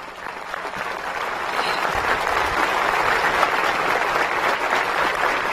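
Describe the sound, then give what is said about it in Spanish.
Sustained applause from a large audience at a 26 July event in Cuba, thanking visiting supporters, a dense, steady wash of clapping that holds at an even loudness throughout with no voices rising above it. “Desde esta tribuna, un abrazo y el aplauso agradecido de Cuba.”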